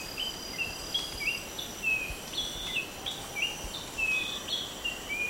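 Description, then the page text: White-throated babbler calls, a run of brief whistled and slurred notes, with constant insect droning behind. Recorded at Sungai Wain, Borneo, on 1 March 2007. "Sound of White-throated Babbler at Sungai Wain by BOORSMA, Tjalle"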